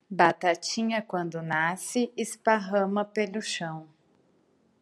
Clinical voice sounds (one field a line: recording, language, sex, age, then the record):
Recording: short text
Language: Brazilian Portuguese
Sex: female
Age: 30 to 39 years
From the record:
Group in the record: control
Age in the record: 35 years